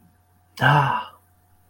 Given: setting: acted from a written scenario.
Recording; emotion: vocal sound without words; romantic love